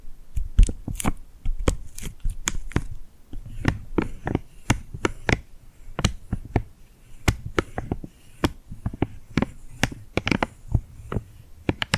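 Sticky glued hands pull apart and press together in a quick, irregular run of sharp crackling snaps, several per second throughout. Each pop is brief and bright, with a low thud underneath, and faint tearing and crinkling textures fill the gaps between them.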